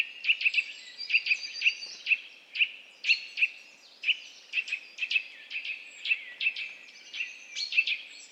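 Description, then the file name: Eurasian nuthatch uttering crisp, high notes, repeated rapidly and often in quick pairs, with higher chirps layered over them. "Sitta europaea"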